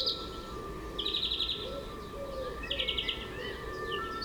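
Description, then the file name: European greenfinch song: two rapid rattling trills a little under two seconds apart, with thin whistled notes and a low background hum. "Chloris chloris"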